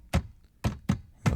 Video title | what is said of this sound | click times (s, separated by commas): Alfa Romeo Giulia/Stelvio Interior Upgrade for Under $25! | Once you close it, you can tap it back in. You'll feel it click back into place. | 0.1 s, 0.7 s, 1.3 s